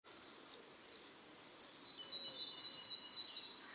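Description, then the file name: Eurasian nuthatch giving thin, very high, sharp call notes, about six spread over four seconds, with faint drawn-out whistled tones underneath; otherwise quiet. "Sitta europaea"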